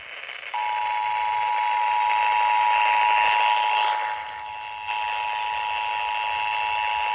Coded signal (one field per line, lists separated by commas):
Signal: Emergency Alert System (SAME) tones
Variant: 853 and 960 Hz attention tone